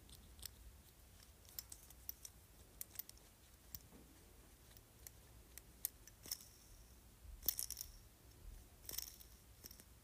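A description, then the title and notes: A jade roller makes small, sharp clicks and light scraping taps, scattered irregularly across the ten seconds, with a denser cluster around seven to nine seconds. The taps are bright and brief over a faint low hum that runs throughout. ASMR Jade Roller.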